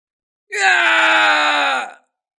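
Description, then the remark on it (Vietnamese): A man lets out a single loud, agonized scream lasting about a second and a half, strained and raw, its pitch sagging slightly before it breaks off, as a divine arrow pierces his shoulder. “Kim Xích Tiêu hét thảm, mũi tên thần quay lại xuyên thủng vai của gã, vai trái dập nát thành thịt vụn, thân sắc của gã vô cùng dữ tợn.”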